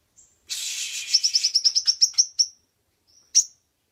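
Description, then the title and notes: Oriental magpie-robin song: a buzzy burst, then a quick run of bright, high notes, followed by one sharp note. Champion bird singing vigorously. "Kacer Juara Gacor. Kumpulan Suara Burung Masteran Pilihan"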